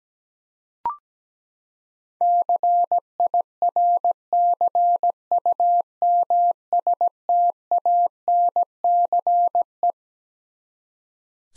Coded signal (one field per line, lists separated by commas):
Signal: Morse code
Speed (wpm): 17 wpm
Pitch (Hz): 700 Hz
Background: none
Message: CIRCUMSTANCE